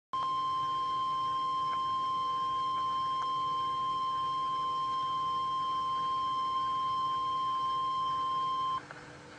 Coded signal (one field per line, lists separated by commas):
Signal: Emergency Alert System (SAME) tones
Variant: 1050 Hz attention tone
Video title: Weatheradio Canada - Severe Thunderstorm Warning (EAS #51) June 7th, 2011